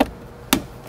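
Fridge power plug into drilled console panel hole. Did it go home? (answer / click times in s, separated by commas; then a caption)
yes / 0.5 s. A fridge power plug is pushed into the inch-and-an-eighth hole drilled in a plastic center console. After a faint tap at the very start, a loud, sharp snap at 0.5 s marks the plug seating in the hole.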